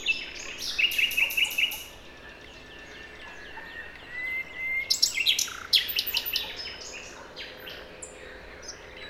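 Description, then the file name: Common nightingale song: a few quick repeated chirps, a quieter stretch with soft notes, then a loud burst of sharp rapid notes. "Luscinia megarhynchos"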